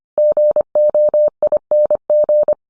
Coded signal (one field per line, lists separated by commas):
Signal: Morse code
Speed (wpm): 25 wpm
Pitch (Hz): 600 Hz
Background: none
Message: GOING